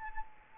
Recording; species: mosquito wingbeat signal from an infrared sensor; Anopheles arabiensis